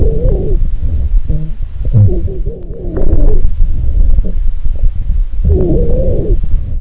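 Three breaths in an adult's lungs each carry a wavering, musical, fairly low-pitched wheeze, the whistling sign of narrowed airways.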